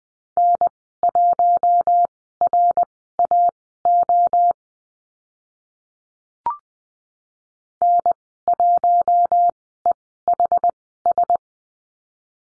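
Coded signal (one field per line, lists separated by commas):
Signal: Morse code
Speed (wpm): 20 wpm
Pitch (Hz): 700 Hz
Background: none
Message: N1RAO N1EHS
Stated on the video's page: Morse course lesson on letter H and call signs at Farnsworth speed 20/10 wpm.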